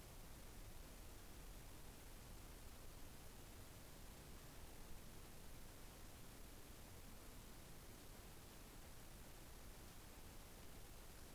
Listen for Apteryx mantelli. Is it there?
no